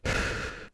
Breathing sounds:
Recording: one breath near a microphone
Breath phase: exhalation

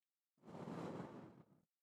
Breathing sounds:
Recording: one breath near a microphone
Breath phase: exhalation

